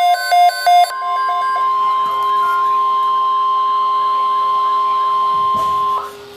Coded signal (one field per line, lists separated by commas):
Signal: Emergency Alert System (SAME) tones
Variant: 1050 Hz attention tone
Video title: Severe T'Storm Watch #444 (EAS #422)